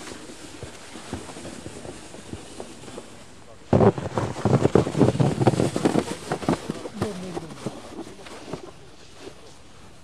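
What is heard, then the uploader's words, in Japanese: Snow being cleared: a low, quiet rumble gives way at about four seconds to a sudden loud rush of scraping and thudding clatter. The dense burst lasts a couple of seconds, then thins into scattered knocks and fades to quiet near the end. 湯治場ラジオ 雪下ろしASMR。村井六助さんでの雪下ろしの音を配信します。会話はありません。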